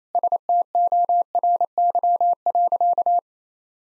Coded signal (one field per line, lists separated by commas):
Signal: Morse code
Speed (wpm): 28 wpm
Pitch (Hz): 700 Hz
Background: none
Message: STORY.